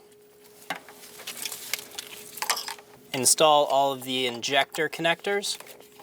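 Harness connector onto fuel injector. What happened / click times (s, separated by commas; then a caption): Connector handled but not yet seated / none. An electrical harness connector is handled over a fuel injector on a 4.8L V8 in a 2003-2026 Chevrolet Express 2500 during an intake manifold gasket job. Short plastic taps and rattles are heard over a steady low hum, and someone talks in the second half. Nothing has seated or clicked yet.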